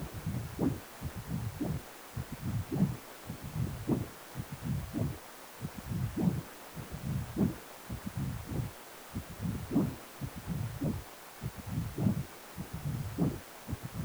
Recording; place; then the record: Doppler ultrasound of blood flow; precordium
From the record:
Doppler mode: continuous wave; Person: healthy adult, 18 to 50 years, no heart murmur, not diving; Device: 2.5 MHz transducer